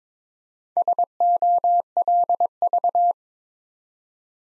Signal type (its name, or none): Morse code